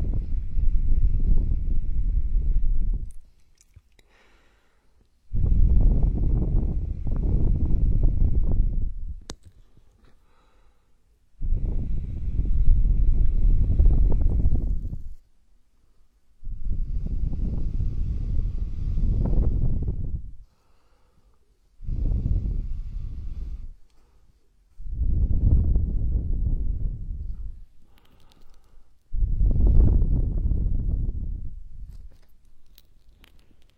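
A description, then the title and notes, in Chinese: Vigorous ear rubbing comes in seven rough, muffled bursts, each lasting about three to four seconds, with short silent gaps between them. The rubbing is dense and heavy in the low end, with a faint scratchy hiss above, and the rhythm stays fairly regular throughout. 暴力搓耳。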